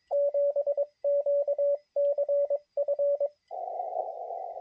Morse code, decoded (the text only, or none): 7QCF